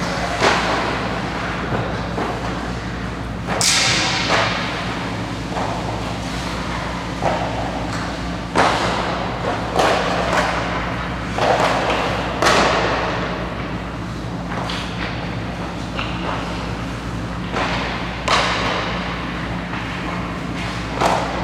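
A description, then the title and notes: Hockey practice with sharp cracks and thuds of pucks and sticks striking every few seconds, some hard and ringing, others softer and scattered between them. A steady low hum runs underneath the whole time, with faint murmuring in the mix. A Day at Hockey Practice.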